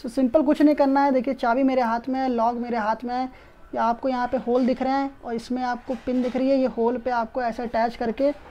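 Someone talks while holding a metal alarm disc lock and its key, lining the lock's pin up with a hole in a motorcycle brake disc. Only continuous speech is heard. The pin has not yet locked onto the brake disc, and nothing has seated or clicked yet.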